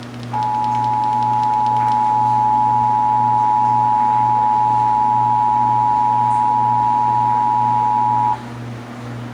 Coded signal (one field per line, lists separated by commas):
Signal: Emergency Alert System (SAME) tones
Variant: 853 and 960 Hz attention tone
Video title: (EAS #214-215) Severe Thunderstorm Warning (KTXD-TV, WBAP-AM)